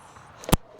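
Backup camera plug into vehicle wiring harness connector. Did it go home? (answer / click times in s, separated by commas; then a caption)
yes / 0.5 s. A new backup camera's wiring connector is pushed into the vehicle wiring harness connector on a 2013–2018 Hyundai Santa Fe Sport. A faint tick at 0.4 s is followed by a sharp, loud click at 0.5 s. The connector is seated.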